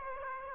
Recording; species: mosquito wingbeat signal from an infrared sensor; Aedes aegypti